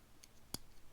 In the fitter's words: as such. They just click right in.